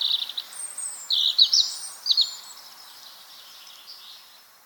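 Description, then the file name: European robin song: high, thin warbled phrases with quick sliding notes and brief trills, fading out over the last two seconds into faint background hiss. "Erithacus rubecula"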